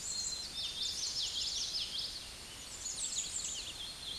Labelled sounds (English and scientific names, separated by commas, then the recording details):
Common Yellowthroat (Geothlypis trichas) song
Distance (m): 30 m
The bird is about 10 m above the microphone
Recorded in a Pennsylvania forest on 16 May 2024 at 08:17
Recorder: AudioMoth, point MSD-2453
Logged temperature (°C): 16.3 °C
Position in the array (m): 225 m, 186 m